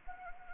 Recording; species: mosquito wingbeat signal from an infrared sensor; Anopheles gambiae